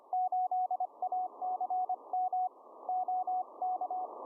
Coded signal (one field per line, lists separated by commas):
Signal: Morse code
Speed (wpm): 26 wpm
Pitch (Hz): 740 Hz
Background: none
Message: 8ACM OK